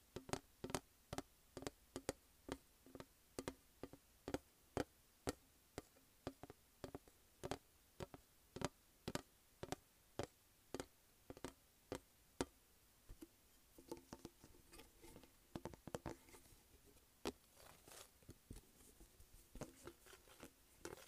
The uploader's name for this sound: Tapping and Scratching Plastic Case